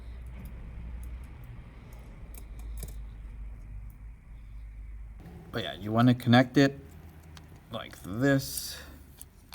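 A flex cable connector is handled over its socket on the logic board inside a Samsung S9 Plus during a screen replacement, with faint small ticks and rustles of handling while someone talks. Nothing has seated or clicked yet.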